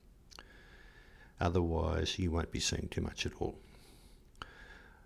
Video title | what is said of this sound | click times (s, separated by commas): Microscopes and microscopes | have to move it around and click it into place it must be clicked into place and you'll understand that when you use it | 0.4 s